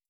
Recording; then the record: hydrophone in a shrimp aquaculture tank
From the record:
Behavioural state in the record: starved